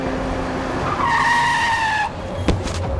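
A car engine roars as the car speeds toward a person on a small residential street in a new housing development; tires let out a high, sustained screech of skidding for about a second, ending in a sharp thud and rattle.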